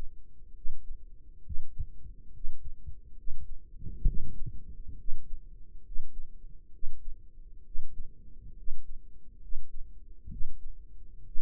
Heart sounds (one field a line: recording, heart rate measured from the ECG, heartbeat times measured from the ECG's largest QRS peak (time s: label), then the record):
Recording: heart sounds by microphone in the right ear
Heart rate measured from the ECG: 67 bpm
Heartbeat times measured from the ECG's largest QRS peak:
0.55 s: heartbeat
1.44 s: heartbeat
2.34 s: heartbeat
3.17 s: heartbeat
4.06 s: heartbeat
4.98 s: heartbeat
5.85 s: heartbeat
6.73 s: heartbeat
7.65 s: heartbeat
8.57 s: heartbeat
9.41 s: heartbeat
10.30 s: heartbeat
11.26 s: heartbeat
From the record:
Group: healthy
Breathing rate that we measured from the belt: 19 breaths a minute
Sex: male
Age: 30 years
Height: 188 cm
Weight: 110.2 kg